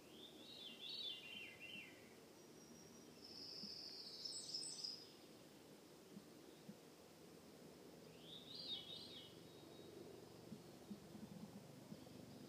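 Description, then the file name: Veery song: descending, reedy spiralling phrases repeated at intervals, against steady background noise. Recorded in Juneau, Alaska, on 15 June 2014. "Veery Alaska Juneau Laurie Lamm"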